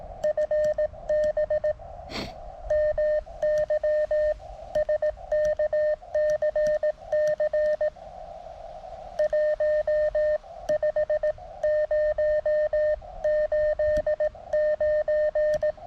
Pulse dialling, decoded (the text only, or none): none